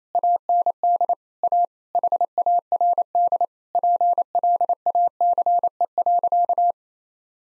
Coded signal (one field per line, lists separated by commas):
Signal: Morse code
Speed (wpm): 28 wpm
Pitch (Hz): 700 Hz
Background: none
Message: AND A HARD PLACE.